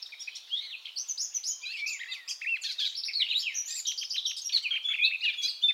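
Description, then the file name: Eurasian blackcap song, a steady hurried warble of mixed high chirps, slurred whistles and chattering notes, fairly even in loudness throughout. "Sylvia atricapilla"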